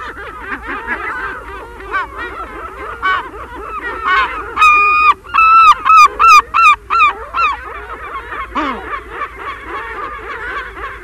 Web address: herring gull